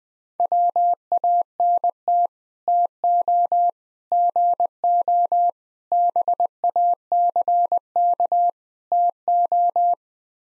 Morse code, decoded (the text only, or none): WANT TO GO BACK TO